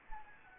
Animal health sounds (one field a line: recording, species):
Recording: mosquito wingbeat signal from an infrared sensor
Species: Anopheles gambiae